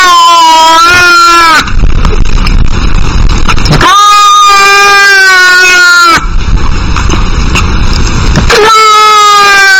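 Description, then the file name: Domestic cat meowing three times, drawn-out meows separated by loud bursts of distorted noise. "Cat Meowing Ear Rape"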